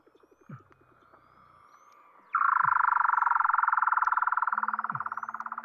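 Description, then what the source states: Weddell seal call: a few low grunting pulses, then an abrupt loud buzzing trill that holds steady for several seconds and slowly fades. Antarctica.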